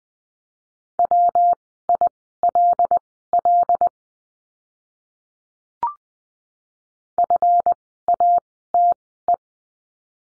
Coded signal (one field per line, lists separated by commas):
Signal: Morse code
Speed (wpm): 20 wpm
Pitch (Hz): 700 Hz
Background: none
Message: WILL FATE